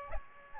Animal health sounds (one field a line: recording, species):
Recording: mosquito wingbeat signal from an infrared sensor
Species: Aedes aegypti